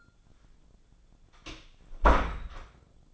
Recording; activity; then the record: daily activity, microphone in the room; close door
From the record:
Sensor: 5